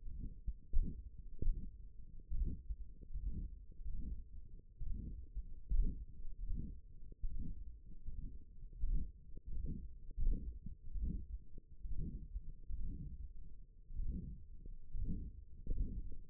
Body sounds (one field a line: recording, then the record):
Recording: forearm muscle sounds (acoustic myography)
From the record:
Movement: hand closing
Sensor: system 1, eight BSWA MPA416 microphones around the upper forearm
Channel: 4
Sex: male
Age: 23 years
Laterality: right